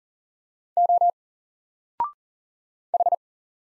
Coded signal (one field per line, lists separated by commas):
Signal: Morse code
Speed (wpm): 38 wpm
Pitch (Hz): 700 Hz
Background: none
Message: O H